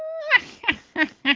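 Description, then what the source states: Eurasian jay calls: a steady tonal note followed by four short harsh harmonic bursts, spaced roughly every third of a second. Recorded 28 February 2019.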